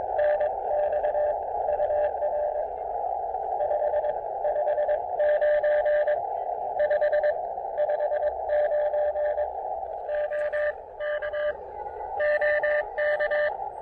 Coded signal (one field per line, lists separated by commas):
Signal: Morse code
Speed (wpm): 20 wpm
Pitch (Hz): 590 Hz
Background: radio noise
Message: NX UR 5 59 5 59 OK OK